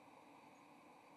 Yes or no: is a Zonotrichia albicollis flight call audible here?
no